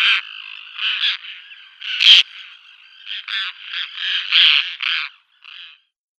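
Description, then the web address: Roseate Tern giving harsh, raspy calls in an uneven series of short bursts with brief pauses. "Schulze Peter Roseate Tern"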